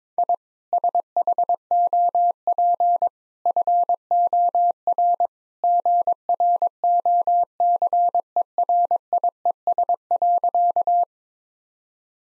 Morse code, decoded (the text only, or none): I SHOP FOR GROCERIES.